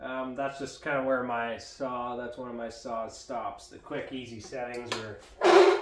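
Someone talks while a miter saw table is handled toward one of its preset angle stops, a metal detent for quick, easy angle settings. A short burst of broadband noise comes near the end, around 5.4 seconds. Nothing has seated or clicked into the detent yet.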